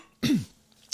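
A single brief, rough throat clear from an adult man, lasting about a quarter second, with a gurgling sound in the throat.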